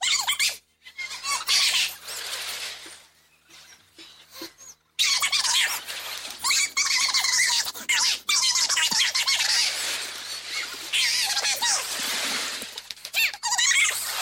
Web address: doublenight bobcat